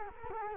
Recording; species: mosquito wingbeat signal from an infrared sensor; Culex quinquefasciatus